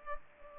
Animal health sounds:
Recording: mosquito wingbeat signal from an infrared sensor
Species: Culex pipiens

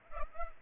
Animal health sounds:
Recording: mosquito wingbeat signal from an infrared sensor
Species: Culex pipiens

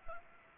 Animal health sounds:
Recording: mosquito wingbeat signal from an infrared sensor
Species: Anopheles gambiae

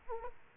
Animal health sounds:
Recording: mosquito wingbeat signal from an infrared sensor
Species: Culex quinquefasciatus

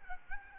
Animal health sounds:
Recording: mosquito wingbeat signal from an infrared sensor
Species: Aedes albopictus

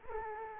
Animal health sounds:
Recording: mosquito wingbeat signal from an infrared sensor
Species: Culex quinquefasciatus

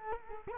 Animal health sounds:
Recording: mosquito wingbeat signal from an infrared sensor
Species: Culex quinquefasciatus

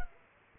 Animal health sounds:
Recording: mosquito wingbeat signal from an infrared sensor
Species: Culex quinquefasciatus

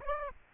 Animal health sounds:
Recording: mosquito wingbeat signal from an infrared sensor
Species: Aedes aegypti

